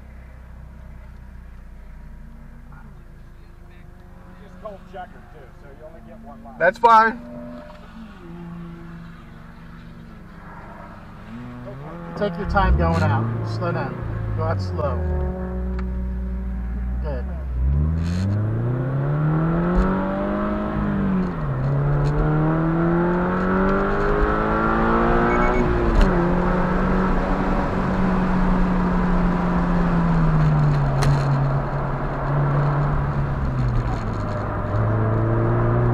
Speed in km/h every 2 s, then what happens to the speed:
0, 0, 0, 0, 0, 0, 11, 13, 18, 42, 53, 76, 93, 103, 95, 76, 58, 66.
0-11 standing. 11-25 pulls away to 103. 25-32 brakes to 58. 33-36 speeds up to 66.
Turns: 31-36.